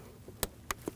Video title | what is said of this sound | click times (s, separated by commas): How to Replace Upstream O2 Sensor 2001-2009 Volvo S60 2.5L L5 | There we go. It's clicked in. | 0.4 s, 0.7 s